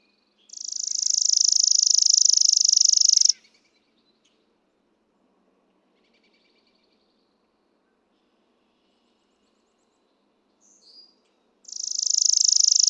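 Chipping Sparrow singing a long, flat, rattling trill of rapid chips, a quiet pause with faint soft notes, then the trill beginning again.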